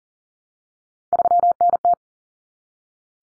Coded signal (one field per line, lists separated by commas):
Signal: Morse code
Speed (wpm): 40 wpm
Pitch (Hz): 700 Hz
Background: none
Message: 3NT